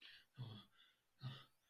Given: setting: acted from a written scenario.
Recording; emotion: vocal sound without words; fear